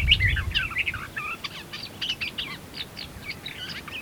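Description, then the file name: Eurasian blackcap song, a jumbled stream of quick warbled notes and short whistles, with a brief low rumble at the very start. "Sylvia atricapilla"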